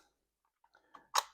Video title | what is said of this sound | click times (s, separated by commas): No More Annoying Xbox Controller Battery Changes | Pops right in, put the back on, and | 1.2 s